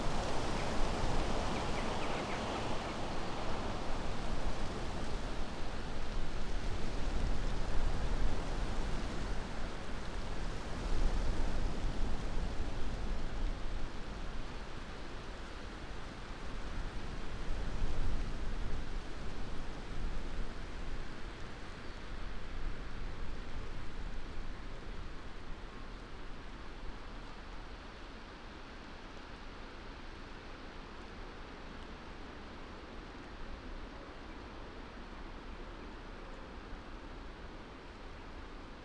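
Wind moves through trees in a continuous rushing hiss that swells and eases in slow gusts. The gusts are strongest in the first twenty seconds, with a brighter surge near the start. The sound then settles into a quieter, steadier, duller rush.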